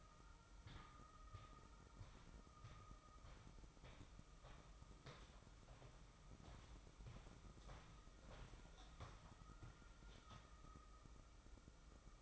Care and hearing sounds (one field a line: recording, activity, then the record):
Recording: daily activity, microphone in the room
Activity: walk to room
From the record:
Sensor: 1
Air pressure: 1008.2 hPa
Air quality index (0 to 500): 139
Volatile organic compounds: 2 ppm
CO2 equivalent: 1168 ppm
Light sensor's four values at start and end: 9/21/8/9 and 8/19/8/8